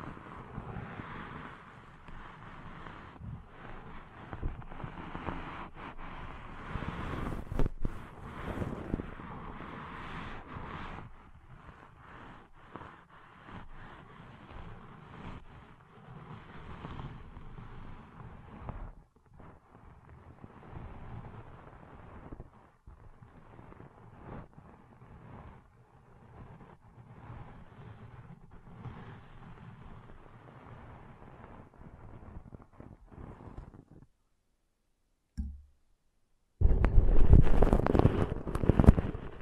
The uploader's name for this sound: Deep 3D Ear Cleaning Intense & Realistic